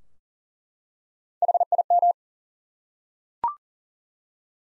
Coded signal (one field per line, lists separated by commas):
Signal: Morse code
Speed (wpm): 40 wpm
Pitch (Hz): 700 Hz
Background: none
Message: HIM